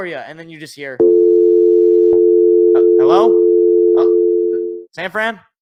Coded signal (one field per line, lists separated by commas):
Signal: telephone call progress tone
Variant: North America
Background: speech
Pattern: dial tone